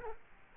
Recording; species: mosquito wingbeat signal from an infrared sensor; Culex quinquefasciatus